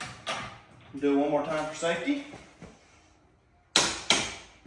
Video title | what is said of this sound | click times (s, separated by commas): The build so far on a 2025 Mustang GT! | And that's all. Safety clicks. | 3.8 s